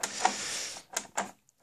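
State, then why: Not seated. A movable plastic piece on a Star Wars: The Force Awakens Micro Machines toy spaceship playset is pushed up to lock into position, making a steady scraping, sliding rasp from about 0.0 to 0.8 s with small plastic taps near 0.0 and 0.3 s. Sharper plastic knocks follow at about 1.0 and 1.2 s, and a faint tick at 1.5 s. The part has not locked and keeps sliding back down, a fault put down to a quality issue.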